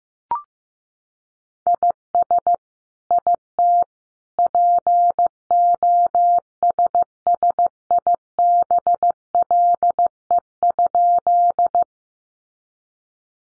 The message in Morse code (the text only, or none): IS IT POSSIBLE?